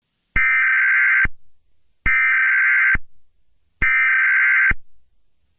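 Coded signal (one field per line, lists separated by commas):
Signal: Emergency Alert System (SAME) tones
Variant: header bursts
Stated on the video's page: Fictional alert scenario.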